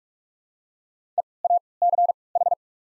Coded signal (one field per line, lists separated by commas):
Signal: Morse code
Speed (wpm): 46 wpm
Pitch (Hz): 700 Hz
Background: none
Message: EACH